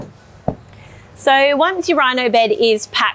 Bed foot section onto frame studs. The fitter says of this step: so this foot section is going to lock into place on those